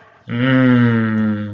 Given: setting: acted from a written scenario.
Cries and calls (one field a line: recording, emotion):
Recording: vocal sound without words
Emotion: desire